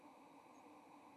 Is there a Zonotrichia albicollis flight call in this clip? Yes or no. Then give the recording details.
no. Another species' flight call is heard. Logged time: 06:57 on 30 October 2014